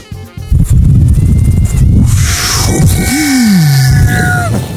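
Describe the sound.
A voice imitates a helicopter plunging down: loud, low chopping rotor pulses give way to a whining tone that slides steadily downward in pitch before cutting off.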